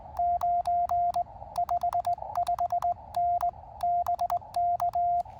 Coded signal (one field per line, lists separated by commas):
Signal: Morse code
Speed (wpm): 18 wpm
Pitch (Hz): 690 Hz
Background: radio noise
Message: 9 55N BK